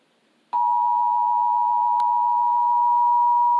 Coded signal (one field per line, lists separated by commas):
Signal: Emergency Alert System (SAME) tones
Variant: 853 and 960 Hz attention tone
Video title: EAS Severe Thunderstorm Warning(EAS #53) NJTV